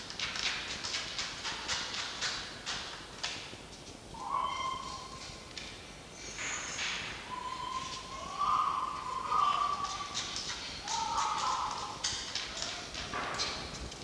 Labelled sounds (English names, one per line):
Red Fox